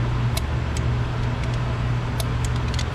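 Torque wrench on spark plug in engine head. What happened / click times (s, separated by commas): The torque wrench clicked at its setting, twice / 0.4 s, 2.2 s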